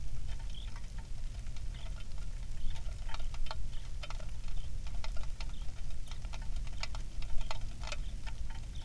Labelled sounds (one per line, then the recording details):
songbird
rain
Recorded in the Prudhoe Bay oil fields, Alaska, on 27 July 2019 at 18:05
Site 19